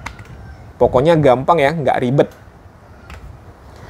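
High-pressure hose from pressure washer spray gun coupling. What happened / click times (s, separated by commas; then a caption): The hose quick-connect coupling released / 0.1 s, 0.2 s. On a 500-watt Yasuka HPW650IP high-pressure washer, the lever on the spray gun's quick-release coupling is pulled, with sharp clicks at 0.1 s and 0.2 s. Someone then talks. The high-pressure hose comes free of the gun.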